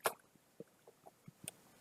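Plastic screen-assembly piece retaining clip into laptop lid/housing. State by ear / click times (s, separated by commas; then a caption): not seated / none. During screen reassembly on an HP 4540s laptop, a plastic screen-assembly piece with a retaining clip underneath is pressed onto the laptop lid housing. A series of short, light plastic taps and knocks is heard, with the loudest at 0.1 s and 1.5 s. Nothing has seated or clicked into place yet.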